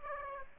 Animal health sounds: mosquito wingbeat signal from an infrared sensor; Aedes aegypti

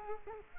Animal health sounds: mosquito wingbeat signal from an infrared sensor; Culex quinquefasciatus

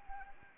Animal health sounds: mosquito wingbeat signal from an infrared sensor; Anopheles arabiensis

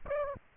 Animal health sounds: mosquito wingbeat signal from an infrared sensor; Aedes aegypti

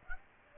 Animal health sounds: mosquito wingbeat signal from an infrared sensor; Aedes aegypti

